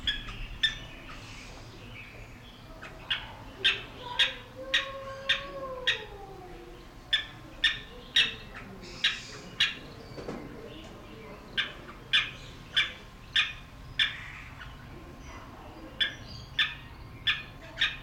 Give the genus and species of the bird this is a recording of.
Vanellus spinosus